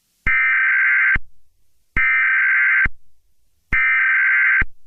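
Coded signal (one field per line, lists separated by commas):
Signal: Emergency Alert System (SAME) tones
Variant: header bursts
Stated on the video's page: Fictional EAS scenario depicting meteor strikes, a simulated alert.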